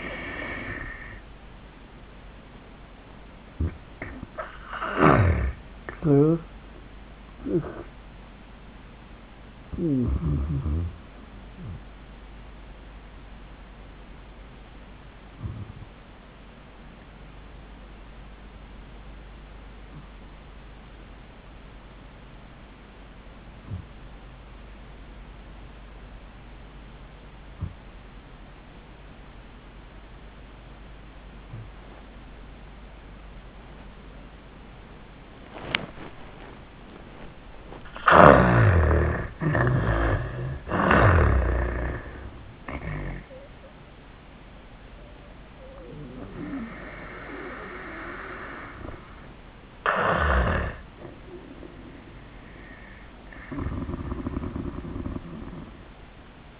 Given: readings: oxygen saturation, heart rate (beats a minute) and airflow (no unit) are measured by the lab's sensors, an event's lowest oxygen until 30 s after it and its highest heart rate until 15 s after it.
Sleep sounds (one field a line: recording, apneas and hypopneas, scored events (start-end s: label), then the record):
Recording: breathing in sleep by a voice recorder at the bedside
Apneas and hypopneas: 1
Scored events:
16.00-46.00 s: new sleep stage, N2 (light sleep)
17.00-39.50 s: obstructive apnea (N2, oxygen 97% highest, then 75% lowest, heart rate 93 at the start, 97 highest)
46.00-56.60 s: new sleep stage, N1 (lightest sleep)
From the record:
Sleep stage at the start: N1 (lightest sleep)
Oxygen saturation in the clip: 75 to 97%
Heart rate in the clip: 66 to 101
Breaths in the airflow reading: 5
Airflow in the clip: -21.2 to 12.4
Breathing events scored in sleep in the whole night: 400 in 8.7 hours asleep